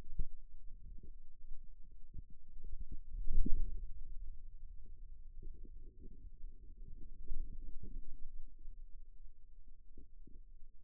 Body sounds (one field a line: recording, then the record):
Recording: forearm muscle sounds (acoustic myography)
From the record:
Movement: radial deviation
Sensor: system 2, bracelet of six BSWA MPA416 microphones around the upper forearm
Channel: 5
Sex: male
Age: 22 years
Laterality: right